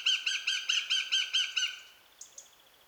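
Eurasian goshawk giving a rapid, harsh chattering call of about eight evenly spaced nasal notes, then two faint short calls at the end.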